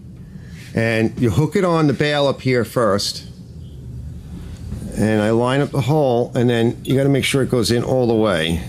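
A control cable end is hooked onto the bail lever of a Craftsman lawnmower with a Briggs 190cc engine and lined up with the hole before being pushed home. Someone talks over quiet handling with a low rumble underneath, and nothing has seated or clicked yet.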